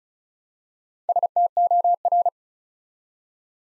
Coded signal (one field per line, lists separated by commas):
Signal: Morse code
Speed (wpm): 36 wpm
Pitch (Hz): 700 Hz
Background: none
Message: STOR